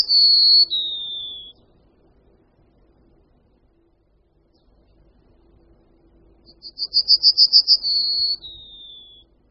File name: Strnad-obecný